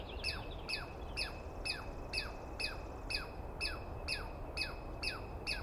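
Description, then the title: Douglas squirrel screaming sharp notes, each sliding downward, repeated roughly every half second, with a low background hum. Heard at dawn on the morning of 21 April 2017 in the East Cascades, screaming and calling for a good while after startling the recordist awake; identified by sound, not clearly seen. "Interview With The Chipmunk"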